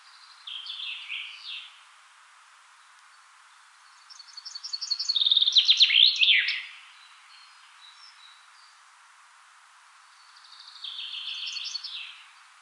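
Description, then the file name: Common chaffinch song in repeated phrases: a soft opening phrase, a loud rattling descending one with a terminal flourish, then a quieter third. "Fringilla coelebs"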